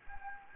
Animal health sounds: mosquito wingbeat signal from an infrared sensor; Anopheles gambiae

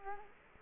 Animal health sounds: mosquito wingbeat signal from an infrared sensor; Culex quinquefasciatus

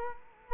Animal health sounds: mosquito wingbeat signal from an infrared sensor; Culex quinquefasciatus

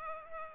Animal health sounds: mosquito wingbeat signal from an infrared sensor; Culex pipiens

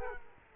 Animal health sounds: mosquito wingbeat signal from an infrared sensor; Culex quinquefasciatus

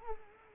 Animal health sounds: mosquito wingbeat signal from an infrared sensor; Culex quinquefasciatus

